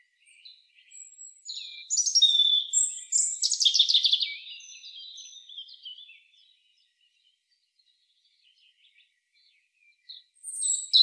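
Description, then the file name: European robin singing a long tumbling phrase of sweet high notes and rapid trills, then a quiet gap before another phrase begins. "Erithacus rubecula"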